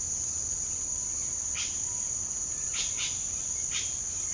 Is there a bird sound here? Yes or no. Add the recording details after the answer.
yes. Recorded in pastures near Puerto Asís, Putumayo, Colombia, on 24 June 2025 at 07:30. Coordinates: 0.497, -76.327. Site G040